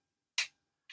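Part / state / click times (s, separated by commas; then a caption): double-hinged plastic part on a transforming robot toy / seated / 0.4 s. After its double hinge is flattened, a plastic double-hinged part on a Pangu Toys PT-02 Mighty Miracle God, a Legends-scale Transformers G1 Omega Supreme toy, is moved into position. It pops into place with a sharp, bright click at 0.4 s, followed by a softer, shorter click at 0.9 s. The part is seated.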